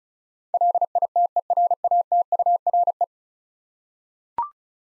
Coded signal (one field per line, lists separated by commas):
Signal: Morse code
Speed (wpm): 36 wpm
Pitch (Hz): 700 Hz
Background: none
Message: LITERATURE